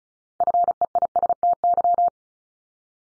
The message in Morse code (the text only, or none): FEISTY